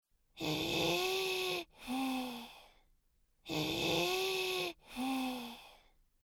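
Two full breath cycles at about 19 breaths a minute, each with a steady musical whistle running through the longer first phase and the shorter second phase. This is a wheeze, a sign of narrowed airways.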